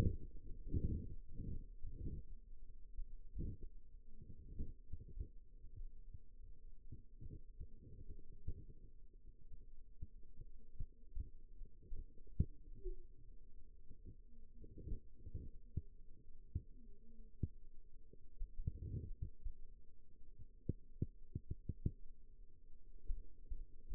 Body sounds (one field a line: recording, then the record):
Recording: forearm muscle sounds (acoustic myography)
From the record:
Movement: rest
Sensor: system 2, bracelet of six BSWA MPA416 microphones around the upper forearm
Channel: 3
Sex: male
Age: 22 years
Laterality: right